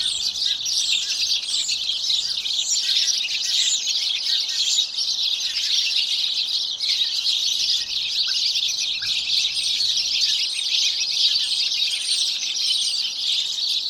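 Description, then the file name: House sparrow chorus: many bright chirps overlapping into a constant chatter. "Passer domesticus"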